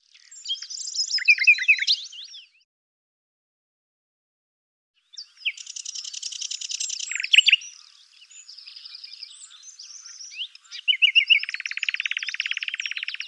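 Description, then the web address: Bird song: a high, complex, rapid jumble of chirps, buzzy trills and whistled notes, one short burst, a pause, then a long varied run ending in a buzzy trill. "Deverinetal 2025"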